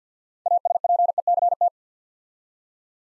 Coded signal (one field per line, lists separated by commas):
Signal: Morse code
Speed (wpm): 50 wpm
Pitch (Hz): 700 Hz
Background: none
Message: ASPECT